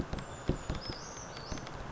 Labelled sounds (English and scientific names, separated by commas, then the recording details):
Brown Creeper (Certhia americana)
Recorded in Sonoma County, California